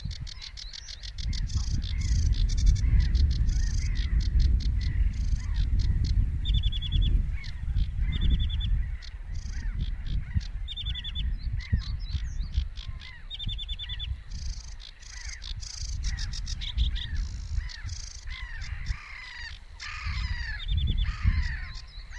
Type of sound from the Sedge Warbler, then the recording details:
song. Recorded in the wild. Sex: male. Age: adult. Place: Warsow, Kummerower See, Mecklenburg-Vorpommern, DE. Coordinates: 53.8369, 12.8325. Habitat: wetland. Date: 2012-05-24 04:35. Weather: 8°C, sunny, weak winds from NE. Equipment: Sound Devices 702, Sennheiser MKH 70, Rycote Windschutz. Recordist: Frommolt, Karl-Heinz